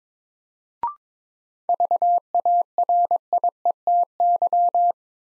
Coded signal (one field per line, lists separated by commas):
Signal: Morse code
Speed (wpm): 22 wpm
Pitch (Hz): 700 Hz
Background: none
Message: VARIETY